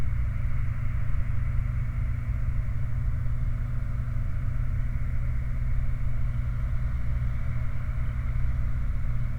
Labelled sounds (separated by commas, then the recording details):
machinery, flare stack
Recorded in the Prudhoe Bay oil fields, Alaska, on 28 July 2019 at 23:58
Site 29